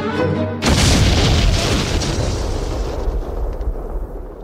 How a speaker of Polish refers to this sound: Milczeli, aż tu nagle usłyszeli tupanie po dachu. Po tupaniu nastąpił wybuch.